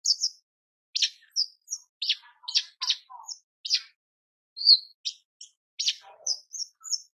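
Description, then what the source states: Horsfield's bush lark giving harsh, scratchy high notes mixed with clearer chips, with a short pause near four seconds. Masteran recording for training cage birds; described as super gacor (persistent, energetic singing).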